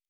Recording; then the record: hydrophone in a shrimp aquaculture tank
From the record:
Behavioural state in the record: normal